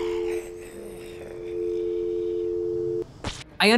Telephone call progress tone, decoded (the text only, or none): dial tone